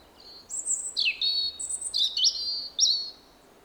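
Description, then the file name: European robin song: a rapid warbled phrase of high, silvery notes with quick downward slurs and sustained trills, lasting roughly two and a half seconds. Possibly recorded on 18 September 2024. "Erithacus rubecula 240918"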